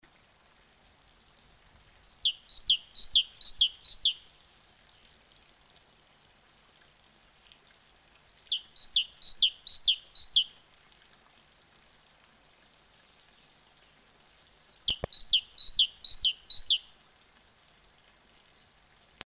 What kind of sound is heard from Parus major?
song